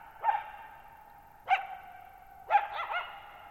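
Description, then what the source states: Coyote giving three barks about a second apart, the last breaking into a short wavering yelp, with echoes lingering after each. Lone wild coyote at night, July 14, 2019, Thirtymile Meadows, Okanogan National Forest, Pacific Northwest, 1950 m; open shallow-bowl meadow with boggy ground, very quiet, long reverberation.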